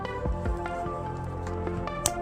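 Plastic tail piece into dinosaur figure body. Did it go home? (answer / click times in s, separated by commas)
yes / 2.1 s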